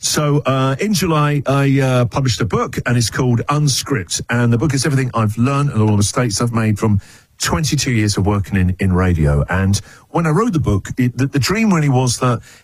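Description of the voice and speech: A man speaks clearly and fluently at a steady pace, with only brief pauses.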